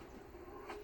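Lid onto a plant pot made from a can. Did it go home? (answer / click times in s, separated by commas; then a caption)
no / none. After the parts of a plant pot made from a waste can are set together, its lid is handled and pressed toward the pot to lock it on. A steady low rumbling noise runs throughout, with a brief brighter swell around 0.7 s. Nothing has seated or clicked yet.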